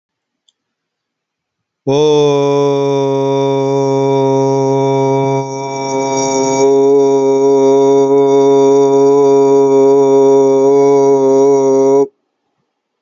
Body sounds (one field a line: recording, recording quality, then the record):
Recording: sustained vowel as in boot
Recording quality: excellent, no background noise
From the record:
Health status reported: healthy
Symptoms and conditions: none ticked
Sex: male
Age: 39 years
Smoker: yes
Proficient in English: yes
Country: India